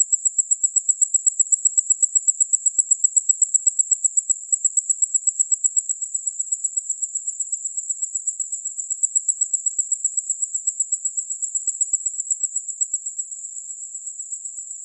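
Insect chirping, a thin, very high-pitched pulse repeated rapidly and steadily throughout, with no other sounds.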